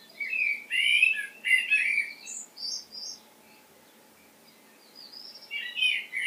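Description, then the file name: Common blackbird with a short burst of rasping chatter followed by a few thin squeaks, a lull, and a final burst of chatter. "Turdus merula"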